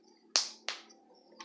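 A plastic locking washer is pressed onto the second safety eye post in an amigurumi head, in the same position as the first, until it engages. A sharp snap at 0.4 s shows it has seated, followed by a softer snap around 0.7 s and a faint tap near 1.4 s.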